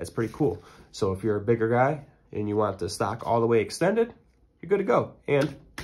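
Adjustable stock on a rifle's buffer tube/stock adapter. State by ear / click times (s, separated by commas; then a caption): not seated / none. Someone talks while handling the adjustable stock on the buffer tube/stock adapter of a PSA JAKL rifle in 5.56, pressing both release buttons and sliding it out to full extension. A brief sharp sound occurs at the very end, but nothing has seated or clicked into position yet.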